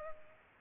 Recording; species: mosquito wingbeat signal from an infrared sensor; Culex pipiens